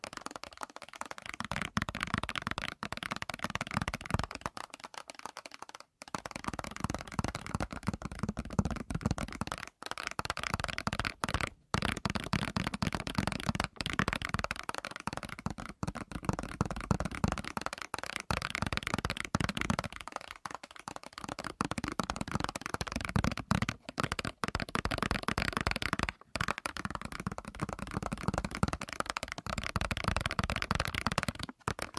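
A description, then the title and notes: Fast tapping runs almost without pause, a dense rattle of quick, crisp clicks with a papery, card-shuffling texture. The level stays steady throughout, broken only by short silent gaps around 6, 11, 21, 26 and 31 seconds before the rapid taps resume. ASMR 1 Hour Fast Tapping for Sleep (No Talking).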